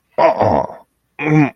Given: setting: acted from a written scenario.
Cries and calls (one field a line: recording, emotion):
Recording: vocal sound without words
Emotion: negative surprise